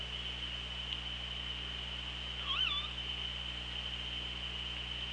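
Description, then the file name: Killer whale call, a single wavering tonal cry with a rising and falling pitch and bright overtones, heard over a steady hydrophone hum and a constant high tone. OrcaLab hydrophone, 24 August 2017, 16:13:53. "Orca Lab 20170824 161353"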